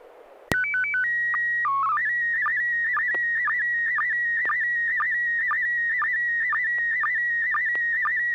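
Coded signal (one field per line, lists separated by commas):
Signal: SSTV (slow-scan television)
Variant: PD 120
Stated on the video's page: SSTV net on a 441.300 MHz FM repeater, sent with MMSSTV software.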